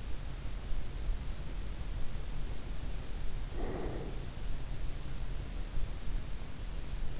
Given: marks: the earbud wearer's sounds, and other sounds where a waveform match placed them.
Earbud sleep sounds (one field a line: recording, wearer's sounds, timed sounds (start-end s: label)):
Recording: sounds in sleep by an in-ear microphone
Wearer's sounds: breath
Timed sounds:
3.39-4.23 s: breath